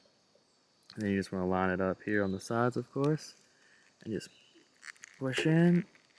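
Someone talks while lining up the flared plastic back piece of a Storm Collectibles Kyo Kusanagi (KOF 2002 Unlimited Match) action figure's jacket on the sides, ready to push it into the plastic torso. Nothing has snapped in or seated yet when the clip ends.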